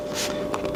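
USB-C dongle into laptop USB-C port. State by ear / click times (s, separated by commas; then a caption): not seated / none. A USB-C dongle is pushed toward a laptop's USB-C port, for comparison with a USB-C to HDMI adapter for a 2018 MacBook Pro that won't seat. Over a steady background hum, brief handling sounds occur at about 0.5 and 0.8 seconds. The clip ends before the dongle goes home, and nothing has seated yet.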